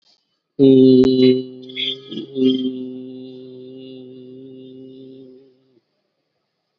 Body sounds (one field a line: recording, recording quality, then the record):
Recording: sustained vowel as in boot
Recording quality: excellent, no background noise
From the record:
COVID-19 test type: RT-PCR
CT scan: not taken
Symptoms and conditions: diabetes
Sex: male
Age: 49 years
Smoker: no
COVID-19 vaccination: both doses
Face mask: worn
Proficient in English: yes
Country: India